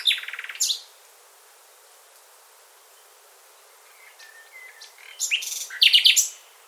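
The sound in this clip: Bird song: a quick buzzy chirping burst, a long quiet gap with faint notes, then loud scratchy chirps near the end.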